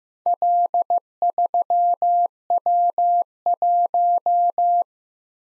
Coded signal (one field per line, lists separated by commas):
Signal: Morse code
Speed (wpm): 15 wpm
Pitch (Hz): 700 Hz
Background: none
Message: L3W1